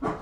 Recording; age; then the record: pig call; growing-finishing pig (85 days or more)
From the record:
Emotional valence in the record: positive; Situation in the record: run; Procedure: transit